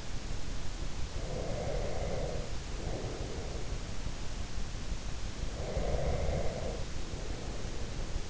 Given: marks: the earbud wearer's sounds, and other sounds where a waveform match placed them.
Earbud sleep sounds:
sounds in sleep by an in-ear microphone; breath
1.02-3.83 s: breath
5.34-8.30 s: breath

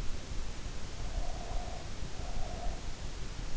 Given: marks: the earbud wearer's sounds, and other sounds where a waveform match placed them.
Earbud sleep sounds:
sounds in sleep by an in-ear microphone; breath
0.93-3.07 s: breath

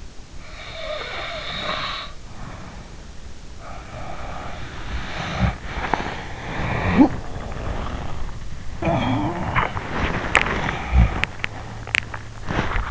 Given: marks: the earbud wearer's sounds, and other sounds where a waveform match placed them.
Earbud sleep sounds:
sounds in sleep by an in-ear microphone; snoring breath, body movement, talking in sleep, teeth grinding, swallowing
0.63-2.78 s: snoring breath
3.59-6.26 s: snoring breath
4.82-12.00 s: body movement
6.48-7.29 s: talking in sleep
8.79-9.77 s: talking in sleep
10.28-12.31 s: teeth grinding
12.17-12.91 s: swallowing

